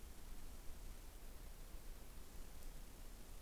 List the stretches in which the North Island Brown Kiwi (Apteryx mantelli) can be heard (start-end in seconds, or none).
none